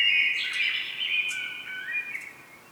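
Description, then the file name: Common blackbird giving a fluty warble that fades out. "Turdus merula"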